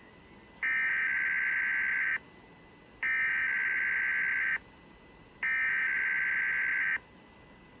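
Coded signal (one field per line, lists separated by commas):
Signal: Emergency Alert System (SAME) tones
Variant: header bursts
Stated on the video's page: KDKA EAS test relayed by WAHC.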